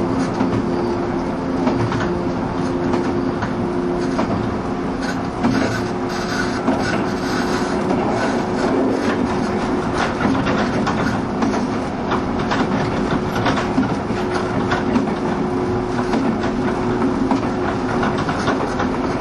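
A train on the Bantan Line runs steadily, a dense low rumble with a faint hum and scattered clicks and rattles throughout.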